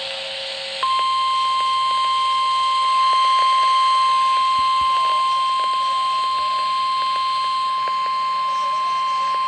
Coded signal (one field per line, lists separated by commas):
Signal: Emergency Alert System (SAME) tones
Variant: 1050 Hz attention tone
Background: speech